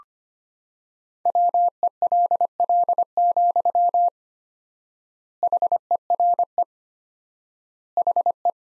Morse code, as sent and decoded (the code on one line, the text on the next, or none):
.-- . .-.. .-.. --..-- / .... . .-. . / .... .
WELL, HERE HE